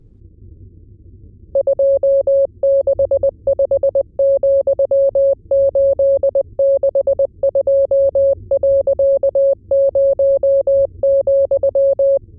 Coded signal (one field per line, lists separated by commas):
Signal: Morse code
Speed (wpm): 20 wpm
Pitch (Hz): 550 Hz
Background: none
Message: 265,862.0,